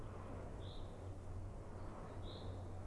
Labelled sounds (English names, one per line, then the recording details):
Common Chaffinch
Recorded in Germany
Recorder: ecoPi